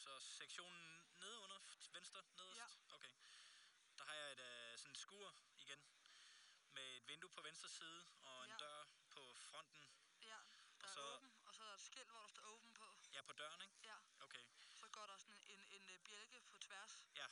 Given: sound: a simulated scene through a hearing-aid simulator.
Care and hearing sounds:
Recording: conversation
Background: quiet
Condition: 65 dB SPL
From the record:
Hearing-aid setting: I (fast-acting compression, audibility-based gain)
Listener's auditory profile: A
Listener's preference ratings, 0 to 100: 70, 65, 81

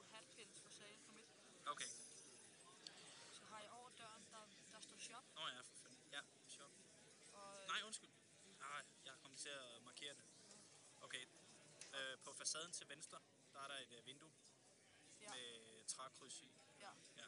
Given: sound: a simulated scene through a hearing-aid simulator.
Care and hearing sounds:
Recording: conversation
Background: cafeteria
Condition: +4 dB SNR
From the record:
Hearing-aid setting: standard clinical setting (NAL)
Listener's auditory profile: C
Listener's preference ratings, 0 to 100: 71, 62, 70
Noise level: 65 dB SPL

